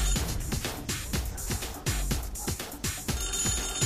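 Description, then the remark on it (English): A telephone bell rings insistently, a steady high metallic trill pulsing in quick repeated bursts, loud and unbroken for the whole stretch with no voices over it. “Somebody answered that phone, will you?”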